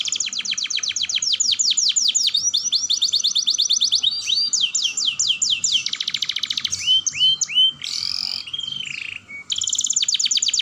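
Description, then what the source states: Atlantic canary in loud continuous song: long rapid rolling trills of upslurred notes, changing pace and pitch, with buzzy passages between. Song style described as gacor with long rolls (roll panjang).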